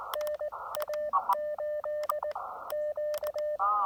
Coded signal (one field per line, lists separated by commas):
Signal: Morse code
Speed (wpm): 19 wpm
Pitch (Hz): 590 Hz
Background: radio noise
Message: NA8Q